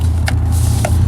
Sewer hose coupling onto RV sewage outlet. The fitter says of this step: so once you have this connected and this part connected to your sewage area it just turns locks in place